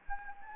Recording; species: mosquito wingbeat signal from an infrared sensor; Anopheles gambiae